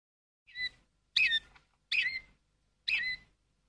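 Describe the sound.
Canary giving four short, separate chirps, each a quick two-toned squeaky note, spaced about a second apart or less, with quiet in between.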